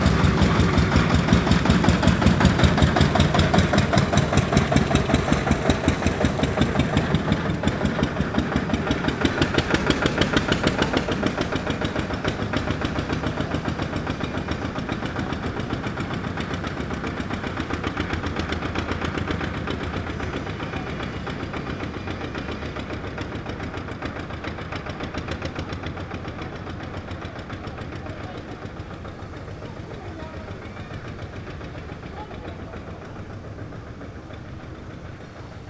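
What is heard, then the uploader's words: A tractor's diesel engine chugs at first, its fast, even knocking pulses filling the low and middle range. Over about half a minute the engine steadily fades and thins, leaving a softer rumble by the end. Tractor traffic. Construction site.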